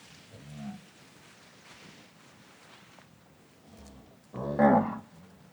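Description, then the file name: Cattle mooing, a short moo early, a softer one near four seconds, then a loud harmonic moo near the end. A herd of cattle walking on grass, several moos. "Patas no pasto do gado varios mugidos"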